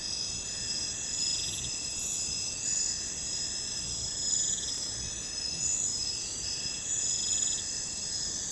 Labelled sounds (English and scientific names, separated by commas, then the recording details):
none
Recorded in secondary vegetation near Puerto Asís, Putumayo, Colombia, on 21 December 2024 at 00:30
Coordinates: 0.499, -76.323
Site G010